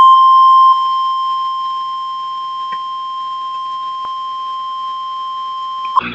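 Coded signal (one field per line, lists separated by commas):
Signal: Emergency Alert System (SAME) tones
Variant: 1050 Hz attention tone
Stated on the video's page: Flash flood warning received from a station in Nashville, Tennessee.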